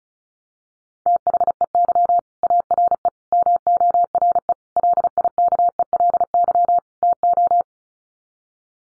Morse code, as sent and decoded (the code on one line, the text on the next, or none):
- .... . -.-- / .- .-. . / -- --- .-. . / .-.. .. -.- . .-.. -.-- / - ---
THEY ARE MORE LIKELY TO